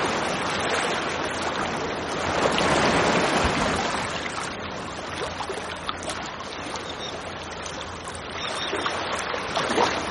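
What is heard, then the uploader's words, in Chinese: Sea waves wash against the shore in a steady, dense rush of churning water that fills the whole clip. A fuller surge swells between about two and four seconds, then eases to a constant hiss, with small splashes and another push near the end. 自然音白噪音催眠-海浪拍打海岸。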